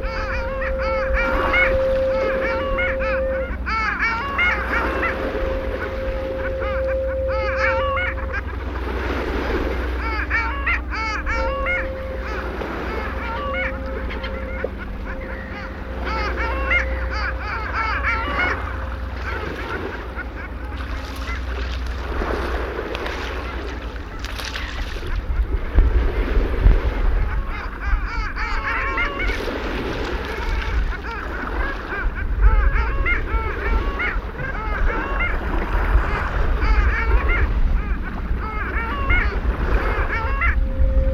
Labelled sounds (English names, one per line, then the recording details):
Long-tailed Duck call
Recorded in the wild
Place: Dwasiden, Insel Rügen, Mecklenburg-Vorpommern, DE
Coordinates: 54.51, 13.62
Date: 1970-04-14
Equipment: Nagra III BH, Sennheiser MD 21, parabola
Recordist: Schubert, Michael